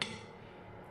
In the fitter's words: the fit you hear it snaps well as you guys can see